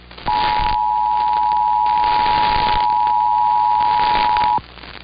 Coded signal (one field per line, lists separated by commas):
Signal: Emergency Alert System (SAME) tones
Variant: 853 and 960 Hz attention tone